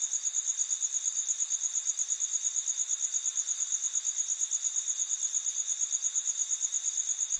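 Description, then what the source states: Cricket chirping in an unbroken, rhythmic high trill, with low background hiss. Crickets at night in an urban setting in the USA.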